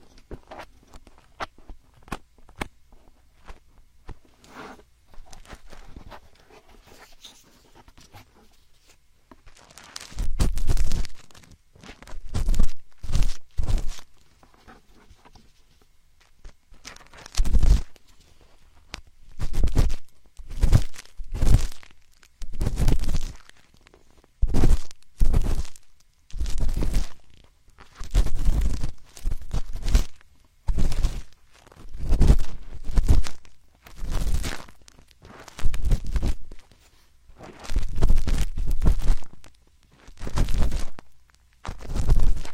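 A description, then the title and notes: Ear picking and rubbing sounds. The first ten seconds are a quiet, faint scratching; after that come bursts of loud, crunchy scraping and rustling, repeating every second or two with brief pauses. A soft hush sits underneath throughout. Binaural ear picking, ear massage, spa ear picking.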